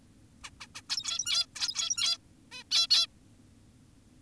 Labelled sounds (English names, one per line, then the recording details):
Zebra Finch
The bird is an adult
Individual g17y2U